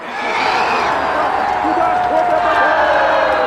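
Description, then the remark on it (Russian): A group of people watching a match on television cheering and shouting excitedly as a goal is scored, a loud, sustained roar of overlapping voices with a few higher whoops rising above it. “И их радостные крики заранее сообщают второй компании, что через мгновение будет забит гол.”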